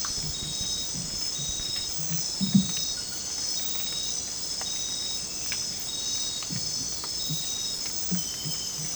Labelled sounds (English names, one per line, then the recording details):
none
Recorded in dense forest near Puerto Asís, Putumayo, Colombia, on 22 December 2024 at 21:00
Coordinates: 0.484, -76.317
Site G026